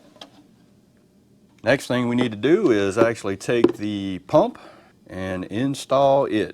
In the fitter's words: have to be the same and it should just snap into place kind of like that